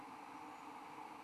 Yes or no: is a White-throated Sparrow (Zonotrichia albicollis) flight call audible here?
no